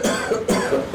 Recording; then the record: coughing mixed with background sound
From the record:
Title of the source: Residual Phlegmy Morning Coughing and Gagging